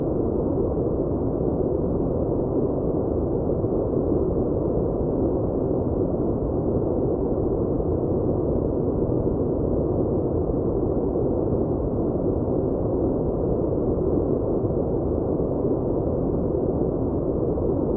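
A steady white noise runs unchanged for the whole clip, with no breaks or events. It sounds muffled and deep, a dense low rushing hiss with the bright top end cut away, holding at one even loudness throughout.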